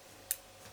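A terminal pin with small tabs is slid into its slot in a plastic automotive connector housing. A single sharp click is heard at 0.3 s over a quiet background, and the pin is seated.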